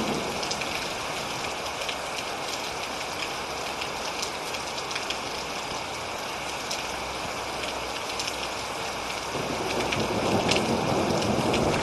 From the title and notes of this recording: This is another version of an hour thunderstorm. Ultimate Thunderstorm.